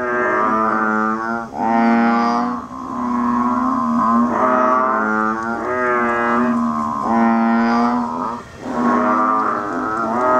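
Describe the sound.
Banded bullfrog giving a series of low, nasal, cow-like drones, several long harmonic calls separated by short breaks.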